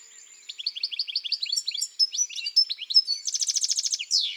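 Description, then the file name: European goldfinch song: a quick run of tinkling, twittering notes, then a rapid buzzy rattle near the end. Garden bird. "Chardonneret elegant"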